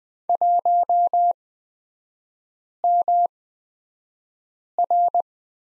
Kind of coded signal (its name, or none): Morse code